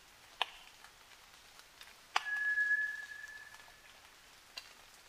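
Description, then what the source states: White's thrush giving one long, level, thin whistle lasting nearly two seconds, with scattered sharp clicks and ticks around it. At night, 29 June 2009, 23:14.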